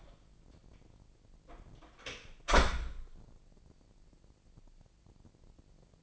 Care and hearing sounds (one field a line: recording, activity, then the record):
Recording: daily activity, microphone in the room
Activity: close door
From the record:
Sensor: 5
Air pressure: 1012.4 hPa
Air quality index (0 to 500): 158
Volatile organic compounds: 2 ppm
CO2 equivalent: 1084 ppm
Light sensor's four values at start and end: 256/623/262/289 and 251/608/256/282